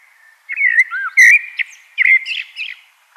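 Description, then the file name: Common blackbird producing a continuous mellow fluted warble with dips and rises and a few sharp high squeaks mixed in. "Turdus merula"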